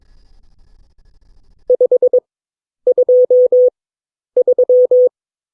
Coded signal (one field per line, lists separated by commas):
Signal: Morse code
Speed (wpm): 22 wpm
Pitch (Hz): 500 Hz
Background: none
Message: 523